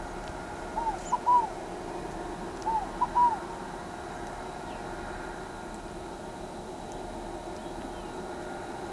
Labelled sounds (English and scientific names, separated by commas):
Scaled Dove (Columbina squammata)